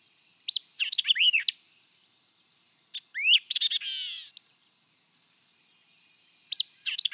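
White-eyed vireo song: crisp chip notes and down-slurred whistles in brief phrases, with a buzzy warbled ending in the middle phrase, repeated three times.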